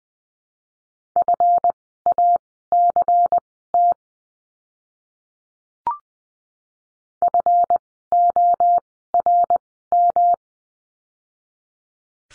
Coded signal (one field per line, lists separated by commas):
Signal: Morse code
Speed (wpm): 20 wpm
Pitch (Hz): 700 Hz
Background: none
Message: FACT FORM